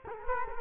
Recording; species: mosquito wingbeat signal from an infrared sensor; Culex quinquefasciatus